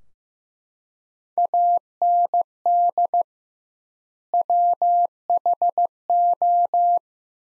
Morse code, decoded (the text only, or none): AND WHO